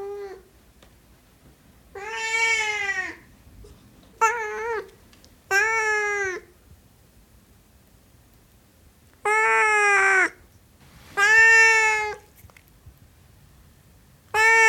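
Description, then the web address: Siamese cat giving a run of loud, wailing meows, some rising then falling, repeated every one to four seconds with pauses. "Siamese cat meowing"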